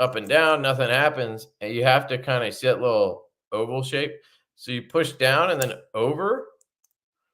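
Someone talks while pushing a pen's sliding actuator down and then over along a little oval-shaped track toward its locking tab on the pen body, to deploy the pen tip. After the talking stops, only a few faint ticks are heard near the end. The slider has not locked into the tab yet, and nothing has seated or clicked.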